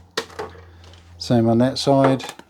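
Small plastic storage boxes are handled at a plastic Festool Systainer 3 drawer rack that has small latches on each side, with a sharp tap near 0.2 s and a softer knock near 0.4 s. Someone talks over the handling. Nothing has seated or clicked into place yet.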